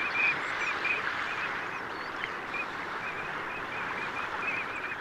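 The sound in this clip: Eurasian teal calling, sharp whistled notes scattered throughout with a few fainter higher sounds, over a steady rushing noise.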